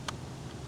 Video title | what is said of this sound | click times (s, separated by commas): Why The Botslab G980H Dash Cam Is Perfect For You! | it's held on with magnets. And then hear the click. | 0.1 s